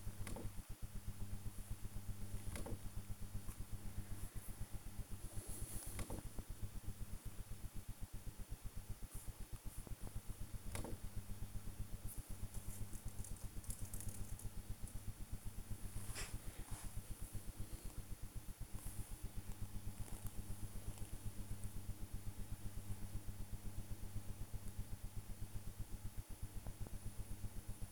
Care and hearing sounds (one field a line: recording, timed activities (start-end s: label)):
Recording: household activities, microphone on the right wrist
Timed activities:
0.00-27.92 s: working on the computer